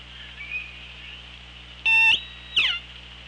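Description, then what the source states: Orca calls underwater: a faint squeak, then a loud flat harmonic call and a short descending one, against hydrophone hiss and hum. OrcaLab hydrophone, 24 August 2017, 15:53:33.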